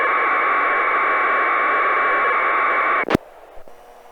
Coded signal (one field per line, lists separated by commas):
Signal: packet radio (AX.25, as in APRS)